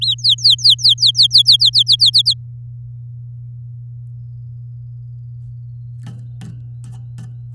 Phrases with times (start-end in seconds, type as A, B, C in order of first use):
0.01-2.10 A, 2.13-2.33 B